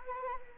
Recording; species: mosquito wingbeat signal from an infrared sensor; Anopheles arabiensis